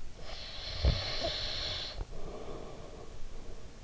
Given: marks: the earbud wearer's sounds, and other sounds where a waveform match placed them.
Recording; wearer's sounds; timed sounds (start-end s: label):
sounds in sleep by an in-ear microphone; breath
0.07-3.83 s: breath